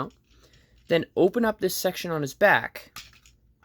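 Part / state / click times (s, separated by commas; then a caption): plastic tab of a transforming toy back section into its slot / not seated / none. Someone talks while opening the back section of a plastic Transformers War for Cybertron Earthrise Leader Class Doubledealer toy, with only faint handling ticks in the quiet gaps. The plastic tab of the back section has not yet gone into its slot; nothing has seated or clicked yet.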